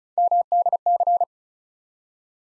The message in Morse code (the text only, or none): MDC